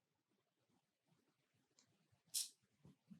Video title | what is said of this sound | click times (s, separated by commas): 3A76 Disassembly/Assembly | but now it popped into place everything is locked in | 2.4 s